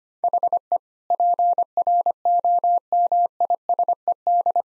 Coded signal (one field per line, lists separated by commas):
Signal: Morse code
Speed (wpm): 25 wpm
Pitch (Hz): 700 Hz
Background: none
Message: HE PROMISED